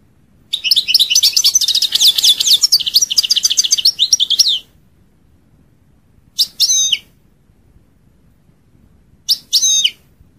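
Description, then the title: European goldfinch singing a long, fast jumble of liquid twitters and trills for four seconds, followed by two short, separate chirpy phrases after pauses. "Chant Chardonneret"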